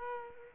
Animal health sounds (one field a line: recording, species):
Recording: mosquito wingbeat signal from an infrared sensor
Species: Aedes aegypti